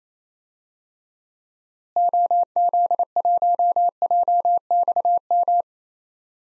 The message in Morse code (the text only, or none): OZ1JXM